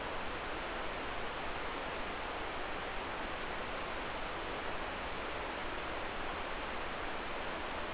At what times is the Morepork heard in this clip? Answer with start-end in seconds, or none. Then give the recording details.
none. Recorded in New Zealand. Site Eglinton